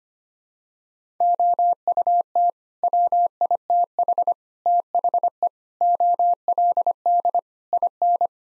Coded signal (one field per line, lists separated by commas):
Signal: Morse code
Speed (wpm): 25 wpm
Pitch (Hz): 700 Hz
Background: none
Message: OUT WITH THE OLD IN